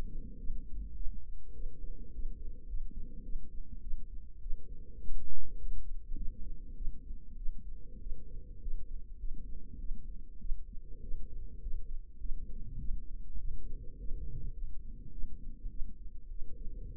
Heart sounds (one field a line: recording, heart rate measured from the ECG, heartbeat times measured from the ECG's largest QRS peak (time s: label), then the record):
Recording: heart sounds by microphone in the left ear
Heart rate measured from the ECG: 102 bpm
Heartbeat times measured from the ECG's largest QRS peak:
0.38 s: heartbeat
0.95 s: heartbeat
1.54 s: heartbeat
2.12 s: heartbeat
2.67 s: heartbeat
3.23 s: heartbeat
3.81 s: heartbeat
4.41 s: heartbeat
5.02 s: heartbeat
5.58 s: heartbeat
6.15 s: heartbeat
6.75 s: heartbeat
7.36 s: heartbeat
8.00 s: heartbeat
8.61 s: heartbeat
9.18 s: heartbeat
9.79 s: heartbeat
10.39 s: heartbeat
11.02 s: heartbeat
11.61 s: heartbeat
12.19 s: heartbeat
12.78 s: heartbeat
13.38 s: heartbeat
13.98 s: heartbeat
14.55 s: heartbeat
15.11 s: heartbeat
15.69 s: heartbeat
16.29 s: heartbeat
16.90 s: heartbeat
From the record:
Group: healthy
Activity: rest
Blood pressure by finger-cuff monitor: 114/63 mmHg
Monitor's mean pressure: 78 mmHg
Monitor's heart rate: 103 bpm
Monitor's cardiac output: 8.9 L/min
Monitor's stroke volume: 87 mL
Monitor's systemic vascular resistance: 630 dyn s/cm5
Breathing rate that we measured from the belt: 20 breaths a minute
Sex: female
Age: 22 years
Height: 163 cm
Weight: 67.1 kg